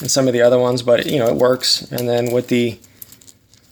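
Someone talks for most of the clip while a Cold Steel Drop Forged Hunter knife of 52100 steel sits in its molded plastic sheath, with the newly fitted snap button on the retention strap over the handle about to be fastened. After the talking stops, a few faint, quick taps and light rattles are heard around 3.0 to 3.3 seconds. Nothing has seated or clicked yet.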